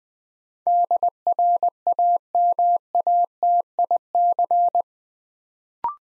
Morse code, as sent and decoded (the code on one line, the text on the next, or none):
-.. .-. .- -- .- - .. -.-.
DRAMATIC